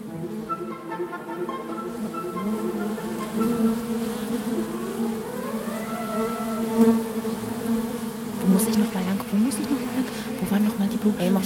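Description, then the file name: Bee buzzing, a steady droning hum that wavers in pitch. "bienen"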